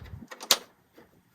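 On an Onan 5500 RV generator, the plastic air filter cover's snap lock is pressed closed on the housing after the air filter is changed. A few soft knocks and rustles lead into one sharp, loud snap at 0.5 s, followed by a faint, brief sound near 1.0 s. The latch is seated.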